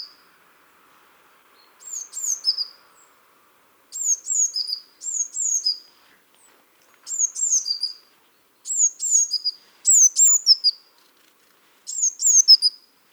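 Eurasian blue tit giving high thin falling notes followed by lower notes, repeated in short phrases with pauses between.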